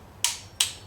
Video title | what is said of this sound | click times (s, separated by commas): BMW F32 435i N55 Ignition Projects coil packs and spark plugs DIY | that's the click don't go past the click that's 17 foot pounds right there so your first spark plug's done | 0.2 s, 0.6 s